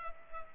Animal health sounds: mosquito wingbeat signal from an infrared sensor; Culex pipiens

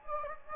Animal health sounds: mosquito wingbeat signal from an infrared sensor; Anopheles gambiae

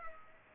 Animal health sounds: mosquito wingbeat signal from an infrared sensor; Culex pipiens

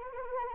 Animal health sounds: mosquito wingbeat signal from an infrared sensor; Anopheles arabiensis

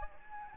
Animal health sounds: mosquito wingbeat signal from an infrared sensor; Anopheles gambiae

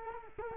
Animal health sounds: mosquito wingbeat signal from an infrared sensor; Culex quinquefasciatus

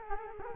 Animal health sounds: mosquito wingbeat signal from an infrared sensor; Culex quinquefasciatus

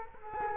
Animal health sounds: mosquito wingbeat signal from an infrared sensor; Culex quinquefasciatus

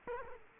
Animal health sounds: mosquito wingbeat signal from an infrared sensor; Culex quinquefasciatus

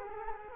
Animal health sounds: mosquito wingbeat signal from an infrared sensor; Culex quinquefasciatus

